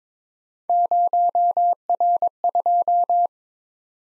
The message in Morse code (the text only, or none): 0R2